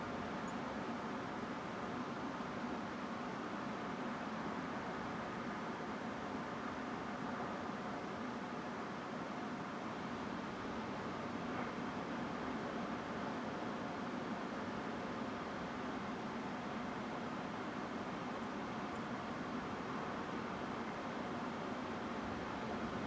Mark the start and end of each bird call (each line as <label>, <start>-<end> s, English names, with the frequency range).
Song Thrush (6.4-7.2 kHz), 0.46-0.51 s
Song Thrush (6.7-7.7 kHz), 18.94-18.98 s